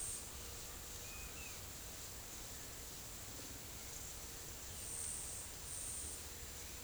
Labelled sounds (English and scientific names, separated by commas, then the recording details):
none
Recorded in secondary vegetation near Puerto Asís, Putumayo, Colombia, on 26 December 2024 at 08:30
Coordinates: 0.489, -76.322
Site G059